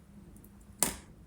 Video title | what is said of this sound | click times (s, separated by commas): MicroBeast Build Part 3 | there you go you hear the click | 0.8 s